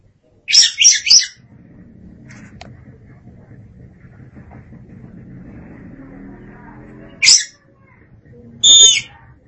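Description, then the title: Oriental magpie-robin song, a short cluster of bright whistled notes, low background rumble, then two brief whistled notes near the end. "Suara Kicauan Burung Kacer Durasi Panjang"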